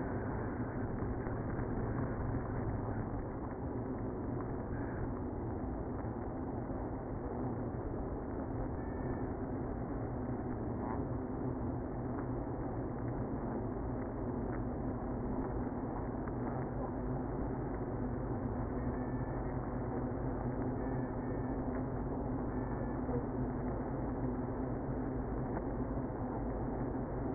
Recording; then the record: honeybee colony, microphone inside the hive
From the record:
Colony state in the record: queenless (queen removed); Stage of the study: after two queens were removed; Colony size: about 60,000 bees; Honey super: yes